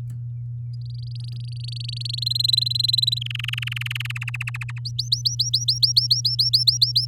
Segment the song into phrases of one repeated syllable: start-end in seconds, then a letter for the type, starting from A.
0.73-2.24 A, 2.26-3.19 B, 3.21-4.30 C, 4.34-4.79 D, 4.85-7.06 E